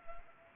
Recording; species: mosquito wingbeat signal from an infrared sensor; Anopheles gambiae